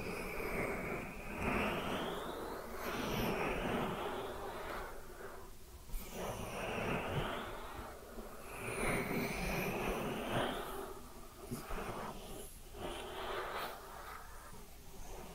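Ear cleaning triggers: a continuous rumbling, rustling scrape with a low muffled undertone. Swooshing strokes rise and fall every couple of seconds, and sharper crackly bursts land around six, nine, ten and twelve seconds before the sound thins slightly at the end.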